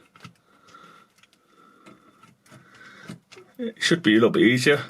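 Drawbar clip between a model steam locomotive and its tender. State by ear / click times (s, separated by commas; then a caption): not seated / none. The drawbar clip between a Hornby LNER P2 class model steam locomotive and its tender is fiddled with as the loco and tender are lined up to engage the clip and ball coupling. Faint small ticks and handling noises come at about 0.2, 1.2, 1.3, 2.2 and 3.3 seconds while someone talks, louder near the end. The coupling has not clicked home yet.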